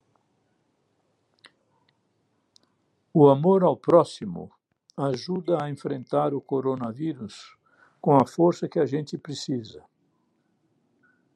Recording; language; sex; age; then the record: spoken sentence; Brazilian Portuguese; male; 80 to 89 years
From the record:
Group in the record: control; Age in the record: 80 years